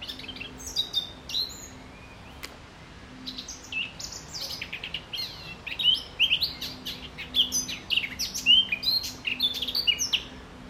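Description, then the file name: Eurasian blackcap song, a fast jumble of high chattering and whistled notes that grows busier in the second half. "Sylvia atricapilla"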